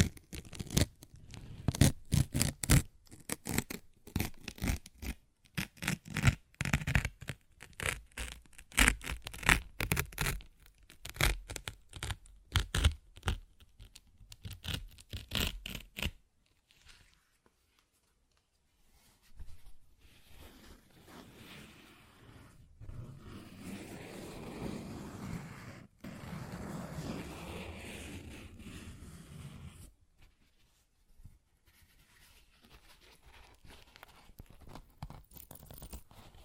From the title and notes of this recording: ASMR Paper Ripping Tearing Sounds (No Talking).